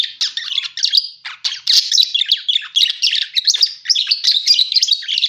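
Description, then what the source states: Parakeet giving rapid, scratchy chirps and squawks in short bursts, the chatter rising and falling in loudness. Lure sound used for catching birds.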